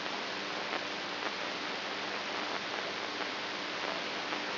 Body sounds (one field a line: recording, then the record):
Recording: brain microelectrode recording played as sound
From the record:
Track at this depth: outside the subthalamic nucleus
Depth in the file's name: 5.71 mm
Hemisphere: right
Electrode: 2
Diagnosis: Parkinson's disease